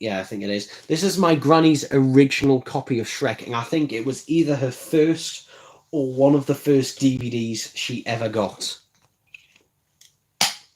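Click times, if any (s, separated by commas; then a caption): 10.4 s. Someone talks for most of the clip while handling a sturdy plastic DVD case holding an old copy of a film, and a few faint ticks follow. The case is pressed closed, or the disc is pressed onto its hub, and a loud sharp snap at 10.4 s shows it has snapped shut and seated.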